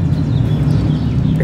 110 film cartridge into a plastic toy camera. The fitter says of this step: hasta que haga clic, y